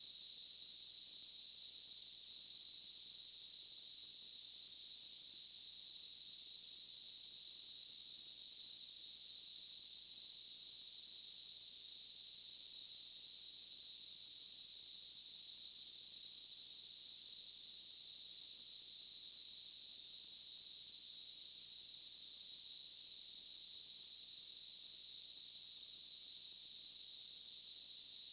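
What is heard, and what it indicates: Simulated tinnitus: a steady, high-pitched hiss, a narrow band of noise centred around 4–5 kHz with a faint higher band near 9 kHz. It is continuous and unchanging in pitch and loudness throughout, with nothing in the low frequencies.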